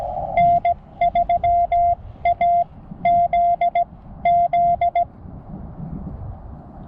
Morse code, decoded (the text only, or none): N3AZZ